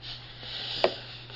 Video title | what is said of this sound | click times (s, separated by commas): Tracfone LG500G Cell Phone.AVI | Now it's locked in place. | 0.8 s